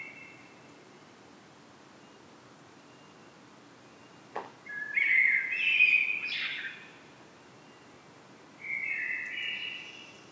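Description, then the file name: Common blackbird with a sharp click, then a rich warbled whistle of about two seconds, silence, and another phrase starting near the end. "Turdus merula"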